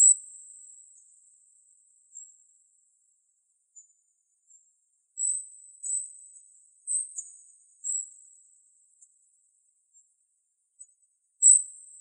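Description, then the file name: Golden-crowned kinglet calls: extremely high, sibilant notes in short clusters. Some are faint and isolated, others louder and grouped midway, with a strong final burst. Calls recorded on 17 June 2004. "GCKI CALLS deviche"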